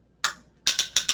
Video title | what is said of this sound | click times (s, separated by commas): Deep Dive: Roland DWX-52DC | once you're all the way around your last one you can use the torque wrench to see just you just ramp it up and you go in till it clicks and this is ready to go | 0.7 s